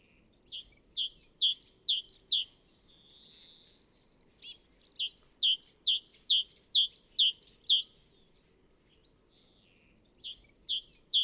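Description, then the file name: Great tit calls: rapid series of high, chinking two-part notes, a brief rising whistle and a quick burst of descending notes, then more chinking series, pausing and resuming near the end. "Parus major"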